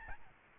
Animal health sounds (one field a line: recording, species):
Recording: mosquito wingbeat signal from an infrared sensor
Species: Aedes albopictus